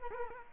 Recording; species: mosquito wingbeat signal from an infrared sensor; Culex quinquefasciatus